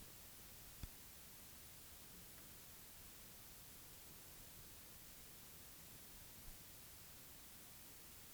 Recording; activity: daily activity, guitar pickup as the sensor; use microwave